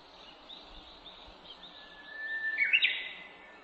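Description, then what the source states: Japanese bush warbler giving one song: a long, even whistled note that ends in a sudden bright, fluttering flourish over a soft background hiss. Recorded on 18 April 2008.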